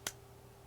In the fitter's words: and you hear the click. So this is what you're gonna hear.